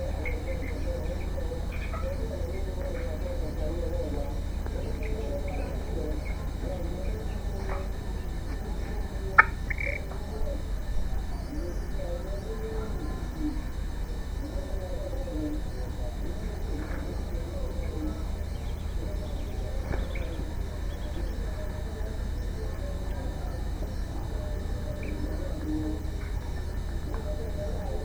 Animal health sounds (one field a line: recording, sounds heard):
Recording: poultry house recording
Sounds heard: healthy chickens